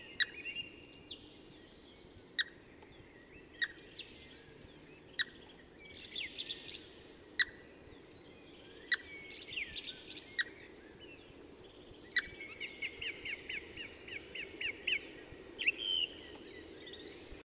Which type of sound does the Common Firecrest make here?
song